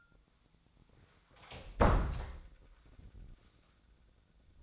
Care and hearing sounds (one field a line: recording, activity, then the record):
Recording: daily activity, microphone in the room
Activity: close door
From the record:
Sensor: 3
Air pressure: 1009.2 hPa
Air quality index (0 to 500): 202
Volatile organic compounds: 4 ppm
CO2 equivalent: 1623 ppm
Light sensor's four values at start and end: 44/116/50/50 and 44/115/50/50